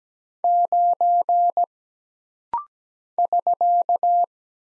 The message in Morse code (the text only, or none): 9 <SK>